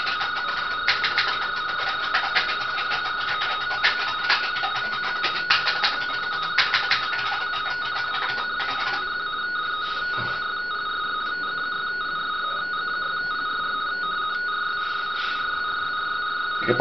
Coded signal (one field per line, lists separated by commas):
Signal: RTTY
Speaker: Vamos a volver a probar.